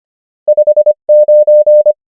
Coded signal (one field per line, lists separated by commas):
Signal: Morse code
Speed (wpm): 25 wpm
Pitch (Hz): 600 Hz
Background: none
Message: 5 9